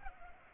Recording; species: mosquito wingbeat signal from an infrared sensor; Culex pipiens